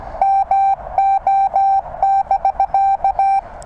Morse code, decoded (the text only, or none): MO<BK>